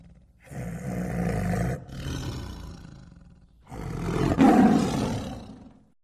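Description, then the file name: Tiger giving three long, deep, rasping growls that swell and fade, the third peaking strongly before trailing off. Close-up growls, snarls and roars. "TIGER GROWLS CU-GROWLS SNARLS ROARS"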